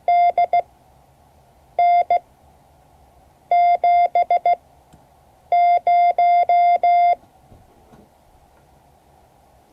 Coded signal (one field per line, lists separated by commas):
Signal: Morse code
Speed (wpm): 16 wpm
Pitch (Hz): 700 Hz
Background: none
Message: DN70